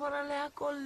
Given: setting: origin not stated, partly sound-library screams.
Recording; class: one-second piece from a danger detection set; normal situation